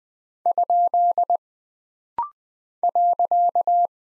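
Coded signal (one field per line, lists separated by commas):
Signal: Morse code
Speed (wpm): 20 wpm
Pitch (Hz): 700 Hz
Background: none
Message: ? .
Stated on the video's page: Punctuation and prosign drill at 20 wpm, each character sent, spoken, then sent again, with rapid-fire timing for instant character recognition.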